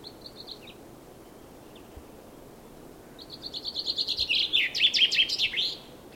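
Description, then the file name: Common chaffinch song: a few faint notes, then after a pause a full song of repeated sweet notes ending in a flourish. "Fringilla coelebs"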